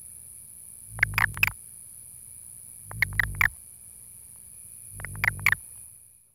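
Toad calls in three short raspy bursts of rapid clicks, one about every two seconds.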